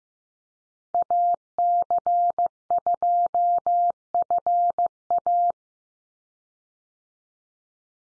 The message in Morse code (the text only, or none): AC2FA